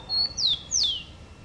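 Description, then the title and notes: Rufous-collared sparrow phrase with a high level whistle followed by two strong notes sweeping sharply downward. "Áudio do pio do tico-tico. WikiAves"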